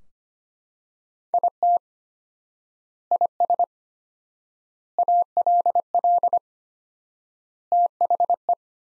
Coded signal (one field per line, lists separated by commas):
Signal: Morse code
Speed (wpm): 25 wpm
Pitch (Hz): 700 Hz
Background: none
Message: IT IS ALL THE